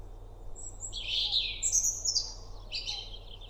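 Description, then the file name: European robin song, a run of high, thin warbling phrases with quick trills and sliding notes over about three seconds, above a steady low background hum. "Erithacus rubecula"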